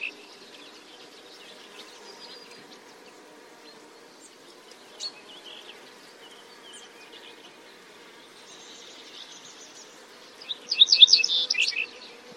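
Bird call: faint scattered high chirps for most of the stretch, then a loud rapid burst of twittering notes near the end.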